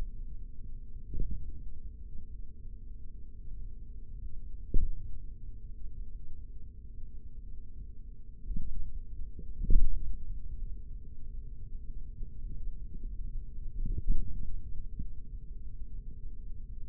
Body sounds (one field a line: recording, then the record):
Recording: forearm muscle sounds (acoustic myography)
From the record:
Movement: hand opening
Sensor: system 3, bracelet of six PUI Audio POM-2738L microphones around the upper forearm, with dedicated amplification and filtering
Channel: 3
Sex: male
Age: 56 years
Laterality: right